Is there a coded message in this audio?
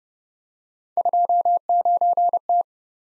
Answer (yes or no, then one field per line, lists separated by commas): yes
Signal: Morse code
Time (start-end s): 1.0-2.6 s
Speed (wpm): 30 wpm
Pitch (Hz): 700 Hz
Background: none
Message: 29T